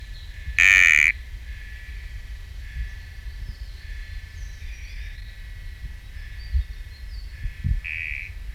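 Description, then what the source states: Sticky frog call: a single loud, harsh buzz about half a second long early on, then soft high-pitched chirps and trills in the background. Recorded at Camp IV; genus Kalophrynus, species not identified.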